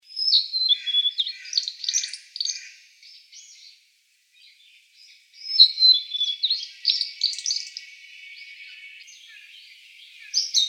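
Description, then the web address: Blue-and-white flycatcher song: rich, rapid warbled phrases of high sweeping whistles. A short gap falls near the middle. Recorded 16 April 2013. "birdenaga ooruri S 130416"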